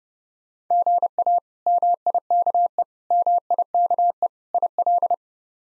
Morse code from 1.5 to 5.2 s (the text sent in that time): MIKE MIKE IL